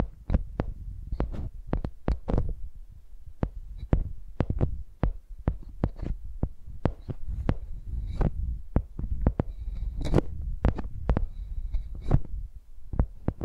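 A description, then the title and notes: Microphones used like pencils knock and tap in quick, irregular bursts, each sharp click over a dull low thumping, with brief scratchy squeaks near ten seconds. Using Mics as Pencils (No Talking).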